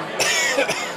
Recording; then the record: coughing mixed with background sound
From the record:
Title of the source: Dry Afternoon Cough